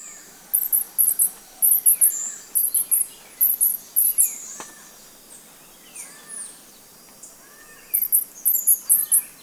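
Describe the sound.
Black jacobin calls: clusters of piercing high chips repeated in bursts with quiet gaps, alongside faint lower whistled notes and a single click.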